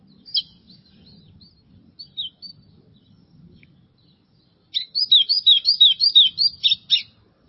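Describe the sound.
White-throated seedeater gives a few scattered high notes, then a fast, steady series of bright, falling whistled notes near the end.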